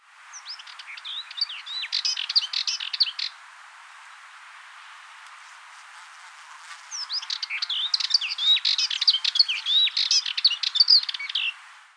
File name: Sylvia cantillans